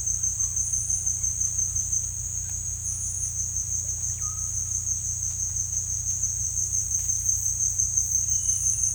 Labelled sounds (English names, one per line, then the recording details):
none
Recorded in secondary vegetation near Puerto Asís, Putumayo, Colombia, on 18 December 2024 at 17:00
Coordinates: 0.484, -76.319
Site GP06